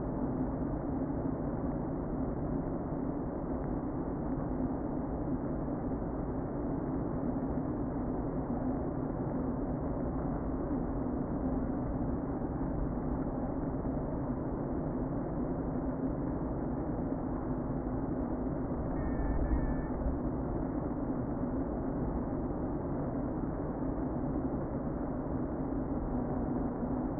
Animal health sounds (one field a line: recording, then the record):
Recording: honeybee colony, microphone inside the hive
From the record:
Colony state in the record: queen present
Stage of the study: before two queens were removed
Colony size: about 60,000 bees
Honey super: yes